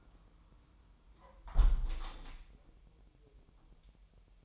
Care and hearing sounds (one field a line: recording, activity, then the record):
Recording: daily activity, microphone in the room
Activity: close window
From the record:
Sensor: 1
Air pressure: 1000.3 hPa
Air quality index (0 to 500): 246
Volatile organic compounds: 137 ppm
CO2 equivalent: 3964 ppm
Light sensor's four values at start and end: 11/27/11/12 and 10/25/10/11